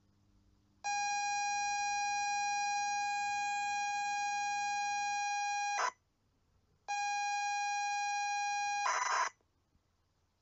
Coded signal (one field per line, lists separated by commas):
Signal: ZX Spectrum tape loading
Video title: ZX Spectrum Loading Test - Tapper **NO GAMEPLAY JUST LOADING**